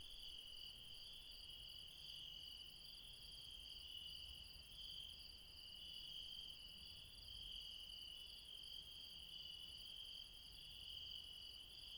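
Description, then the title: Insect chorus of steady, shrill, layered trills with a faint pulsing high band, unbroken for the whole stretch. Late night, mountains, Refuge Krevatia, Barbala, Dion, Greece. "Refuge Krevatia, Μπαρμπαλά, Dion 601 00, Greece - Late night mountain insects"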